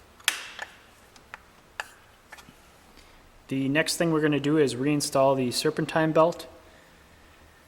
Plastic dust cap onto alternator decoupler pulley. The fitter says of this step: You just want to pop it on until you hear it snap.